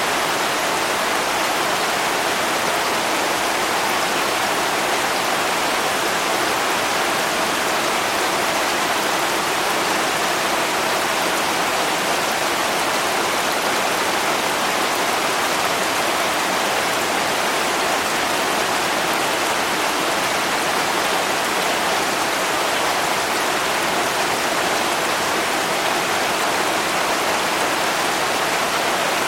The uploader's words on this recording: The sounds of heavy rain falling on a metal roof. Heavy Rain On A Metal Roof.